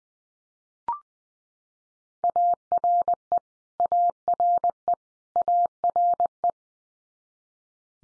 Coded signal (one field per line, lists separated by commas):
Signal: Morse code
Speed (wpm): 20 wpm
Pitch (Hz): 700 Hz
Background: none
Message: ARE ARE ARE